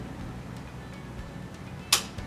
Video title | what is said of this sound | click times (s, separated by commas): Via Seating Office Chair - The Self Sanitizing Onda Chair | hear the click | 1.9 s